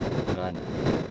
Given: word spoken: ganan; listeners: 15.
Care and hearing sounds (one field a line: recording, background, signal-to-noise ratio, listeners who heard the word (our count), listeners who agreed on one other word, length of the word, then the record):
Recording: one Spanish word in noise, from a listening test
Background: noise modulated by three-talker babble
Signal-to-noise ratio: -6.7 dB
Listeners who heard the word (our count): 0 of 15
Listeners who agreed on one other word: 10 of 15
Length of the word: 0.71 s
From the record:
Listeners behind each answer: 10, 1, 1, 1, 1, 1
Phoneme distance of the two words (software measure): 10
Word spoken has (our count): 2 syllables, 5 phonemes, stress on syllable 1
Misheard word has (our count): 2 syllables, 5 phonemes, stress on syllable 1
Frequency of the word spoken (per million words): 8.52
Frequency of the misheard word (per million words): 44.70